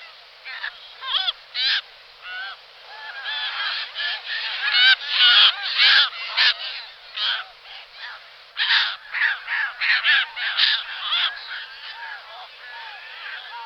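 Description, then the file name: Audouin's gull calls: harsh, nasal, repeated cries in a busy, uneven series throughout. "racek-audouinův"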